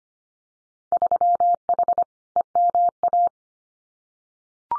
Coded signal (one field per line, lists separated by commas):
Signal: Morse code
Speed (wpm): 25 wpm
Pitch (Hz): 700 Hz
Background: none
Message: 3H EMA